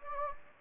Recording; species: mosquito wingbeat signal from an infrared sensor; Anopheles gambiae